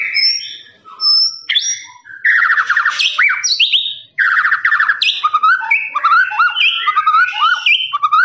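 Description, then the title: Lovebird chattering song, fast buzzy trills and sharp rising chirps strung together in a long continuous run with only short gaps. Long continuous "ngekek" trilling song, used as a master recording for training birds. "FULL DURASI MASTERAN LOVEBIRD NGEKEK PANJANG"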